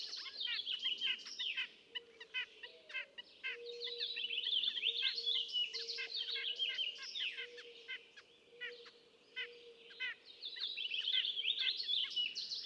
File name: White-breasted Nuthatch